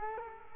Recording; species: mosquito wingbeat signal from an infrared sensor; Culex quinquefasciatus